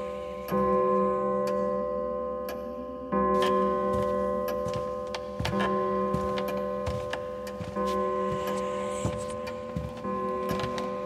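Spooky Halloween sounds: a steady, ringing bell-like drone hangs throughout, struck afresh at about half a second and again near three seconds, then slowly fading. Over it, sharp clock-like ticks and clicks land irregularly, bunching up in the middle and end.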